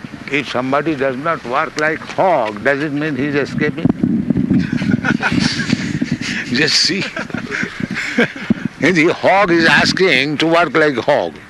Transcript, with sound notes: If somebody does not work like hog, does it mean he is escaping? [laughter] Just see. And the hog is asking to work like hog.